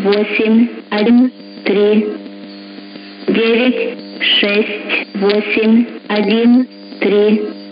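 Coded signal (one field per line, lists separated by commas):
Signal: numbers station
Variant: S06s, Russian female voice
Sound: short spoken words at regular intervals over radio, with steady background hum tones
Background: radio static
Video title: 04 05 2021 Number station S06s Russian Lady in Russian to Eu 0740 on 11655 unknown tx site in CUSB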